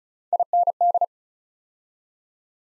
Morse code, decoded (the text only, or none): IND